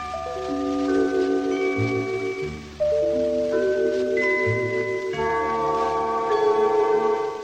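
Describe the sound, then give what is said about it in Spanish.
The identification gong of an Argentine radio station, used for several years: sustained, bell-like tones ring out in stacked chords, shifting pitch in three overlapping phrases with a brief break, steady and fairly loud with no voices. “Este fue el gong identificatorio de LR2 Radio Argentina que utilizó por varios años.”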